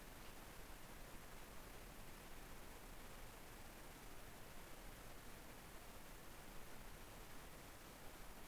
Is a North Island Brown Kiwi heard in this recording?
no